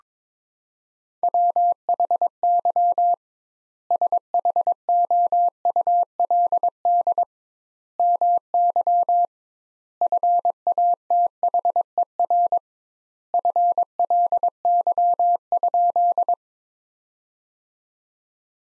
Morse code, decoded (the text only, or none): WHY SHOULD MY FATHER FLY?